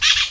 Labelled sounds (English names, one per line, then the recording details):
Brown-throated Parakeet contact call
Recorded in Venezuela
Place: Guárico; Corozopando; Fundo La Fe
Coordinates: 8.506, -67.593